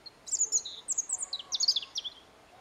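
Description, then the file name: European robin song: one continuous high-pitched phrase of quick, jumbled, trickling notes that rise and fall throughout. "Erithacus rubecula"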